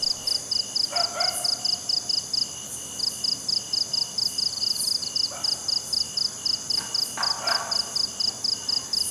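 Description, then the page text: Cricket chirping: steady high pulsed chirps throughout, with occasional brief lower calls from other creatures. Night, jungle. "Crickets Night Jungle TonwagenSfxLab"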